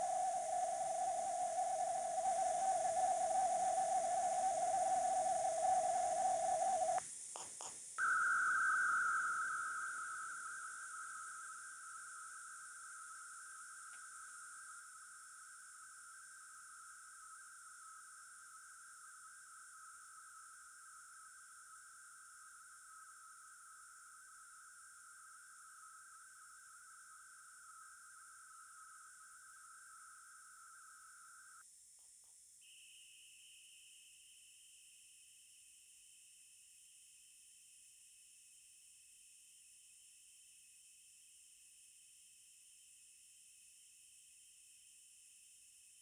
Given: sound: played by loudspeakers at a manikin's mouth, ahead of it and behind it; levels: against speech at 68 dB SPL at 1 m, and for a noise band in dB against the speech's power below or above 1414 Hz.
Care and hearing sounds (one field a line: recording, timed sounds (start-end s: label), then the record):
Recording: test signals for a remote microphone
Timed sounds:
0.00-6.98 s: noise band at 707 Hz, as loud as that band is in speech
7.98-31.61 s: noise band at 1414 Hz, as loud as that band is in speech
32.61-46.01 s: noise band at 2828 Hz, as loud as that band is in speech
From the record:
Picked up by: remote microphone D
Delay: 24 ms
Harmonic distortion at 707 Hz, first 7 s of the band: under -32 dB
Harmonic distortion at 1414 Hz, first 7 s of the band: under -34 dB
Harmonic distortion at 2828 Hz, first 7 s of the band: under -7 dB (system noise only)